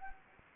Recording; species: mosquito wingbeat signal from an infrared sensor; Anopheles gambiae